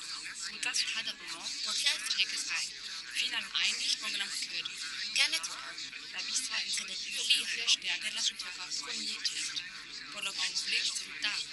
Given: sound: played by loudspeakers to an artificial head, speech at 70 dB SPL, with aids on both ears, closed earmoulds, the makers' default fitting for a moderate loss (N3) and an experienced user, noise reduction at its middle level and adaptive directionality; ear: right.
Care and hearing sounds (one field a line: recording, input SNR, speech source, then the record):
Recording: speech test signal (ISTS) in cocktail-party noise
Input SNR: -3 dB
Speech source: on the right (90 degrees)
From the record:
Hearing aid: class 2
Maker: H